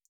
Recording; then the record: hydrophone in a shrimp aquaculture tank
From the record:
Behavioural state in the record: feeding